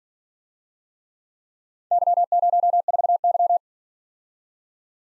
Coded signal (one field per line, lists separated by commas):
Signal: Morse code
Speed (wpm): 47 wpm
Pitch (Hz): 700 Hz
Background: none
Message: Y04Y